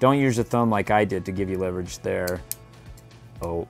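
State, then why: Not seated. A plastic missile is handled at a toy spaceship's launcher while someone talks. A few faint taps are heard, but nothing has seated or clicked yet.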